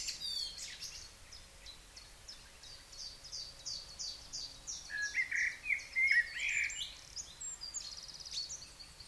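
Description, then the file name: Common blackbird: a busy run of high thin chirps, then a mellow warbled phrase near the middle, followed by more squeaky twittering. "Turdus merula"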